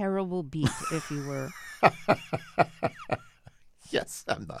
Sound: laughter

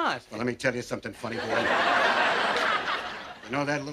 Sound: laughter

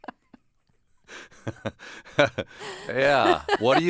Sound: laughter

